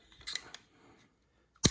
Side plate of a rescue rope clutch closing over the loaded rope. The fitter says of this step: one click two clicks now i'm just going to perform a function test